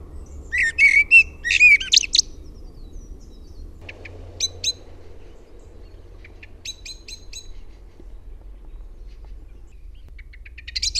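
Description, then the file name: Common blackbird singing one warbled phrase, followed by scattered faint high notes and the start of another phrase at the very end; low background hum throughout. "MUSTARASTAS"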